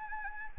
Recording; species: mosquito wingbeat signal from an infrared sensor; Anopheles arabiensis